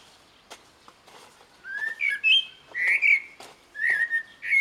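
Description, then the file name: Common blackbird song: a run of mellow, slurred whistled notes rising and falling, delivered in quick succession over faint background clicks. "Turdus merula"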